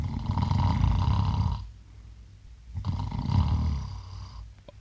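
An adult man snoring in his sleep: loud, low-pitched snores separated by a quieter pause. It is a classic, real snore. He has snored for 21 years and often stops breathing for up to half a minute, then takes a huge breath and snores on.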